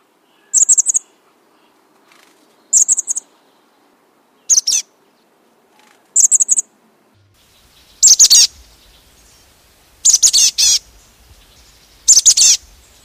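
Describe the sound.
Chestnut-backed chickadee giving short, high buzzy call notes in brief bursts about every two seconds, with quiet pauses between them.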